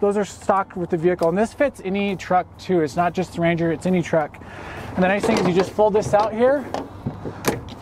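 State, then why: Seated. Someone talks while folding out a tailgate-mounted bike rack piece and pushing it onto the tailgate of a Ford Ranger pickup truck. A sharp click at 7.5 s shows the bike rack bracket locking in place on the tailgate.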